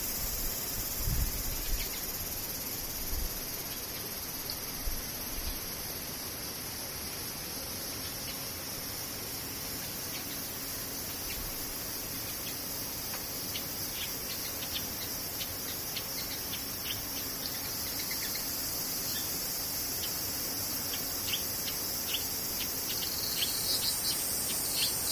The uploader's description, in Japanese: セミ